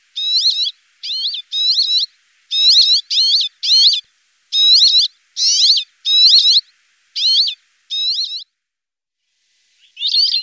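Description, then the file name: Rock sparrow calls, a quick series of nasal, rising twangy notes, about eleven in a row with brief pauses, then one more after a gap. "gorrion chillon"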